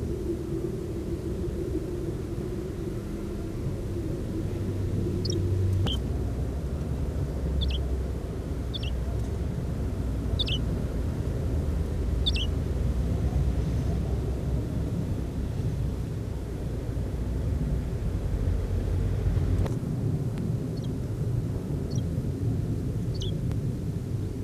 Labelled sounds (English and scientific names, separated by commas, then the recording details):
European Greenfinch (Chloris chloris) call
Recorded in the wild
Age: juvenile
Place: Kaiserslautern, Rheinland-Pfalz, DE
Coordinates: 49.4247, 7.77889
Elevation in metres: 279
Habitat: garden
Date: 1980-08-18
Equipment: Uher 4000 Report, Brühler-Mikrophon, Parabolreflektor
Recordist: Tretzel, Erwin